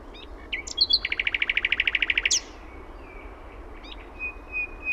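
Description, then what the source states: Common nightingale song: a couple of brief notes lead into a fast, even rattle of many hard notes, followed by quiet scattered whistles. Own recording made in Finland.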